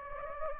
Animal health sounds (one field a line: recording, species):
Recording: mosquito wingbeat signal from an infrared sensor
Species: Anopheles gambiae